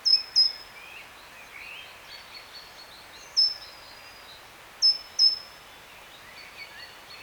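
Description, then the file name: Great tit calls, high clipped notes in close pairs and singles, each trailing off downward, repeated throughout with soft twittering from other birds behind. "Parus major"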